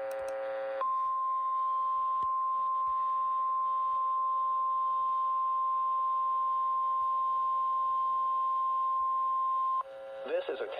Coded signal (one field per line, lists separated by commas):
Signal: Emergency Alert System (SAME) tones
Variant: 1050 Hz attention tone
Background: speech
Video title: 7/3/24 - BTV Weekly Test on KBS508 || EAS 1,307